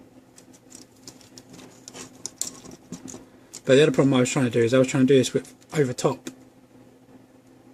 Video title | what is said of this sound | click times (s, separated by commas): Transformers Prime - Deluxe Smokescreen - Beast Hunters | then clip this down so you want to get this part here this side of this little Notch and then listen for that click | 2.4 s